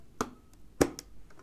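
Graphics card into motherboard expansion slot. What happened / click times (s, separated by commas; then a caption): The card snapped into its slot and the latch clicked / 0.2 s, 0.8 s. A graphics card's edge connector is pushed into the long expansion slot on a motherboard, and the slot's retention latch clicks as the card seats. Two sharp clicks are heard at 0.2 s and 0.8 s, followed by fainter taps. The card is seated in place.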